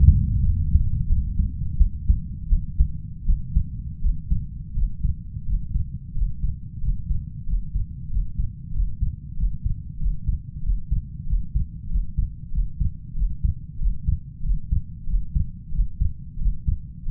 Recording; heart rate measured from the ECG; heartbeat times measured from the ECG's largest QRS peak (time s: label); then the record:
heart sounds by stethoscope; 90 bpm
0.42 s: heartbeat
1.07 s: heartbeat
1.77 s: heartbeat
2.48 s: heartbeat
3.25 s: heartbeat
4.01 s: heartbeat
4.74 s: heartbeat
5.45 s: heartbeat
6.14 s: heartbeat
6.80 s: heartbeat
7.46 s: heartbeat
8.09 s: heartbeat
8.72 s: heartbeat
9.36 s: heartbeat
9.99 s: heartbeat
10.62 s: heartbeat
11.26 s: heartbeat
11.88 s: heartbeat
12.51 s: heartbeat
13.14 s: heartbeat
13.78 s: heartbeat
14.42 s: heartbeat
15.06 s: heartbeat
15.71 s: heartbeat
16.38 s: heartbeat
17.05 s: heartbeat
From the record:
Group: healthy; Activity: breath hold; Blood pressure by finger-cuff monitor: 108/73 mmHg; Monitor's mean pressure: 85 mmHg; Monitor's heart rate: 88 bpm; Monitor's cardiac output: 6.1 L/min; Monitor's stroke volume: 70 mL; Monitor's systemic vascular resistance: 960 dyn s/cm5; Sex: male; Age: 21 years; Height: 170 cm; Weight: 71 kg